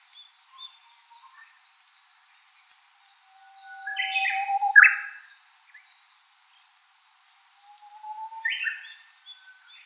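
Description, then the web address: Japanese bush warbler song: a long low swelling whistle bursting into a quick falling flourish, heard twice with quiet gaps between phrases. "ウグイス. arpla 鳥の声研究室"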